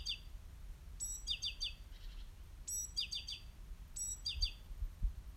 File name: Parus major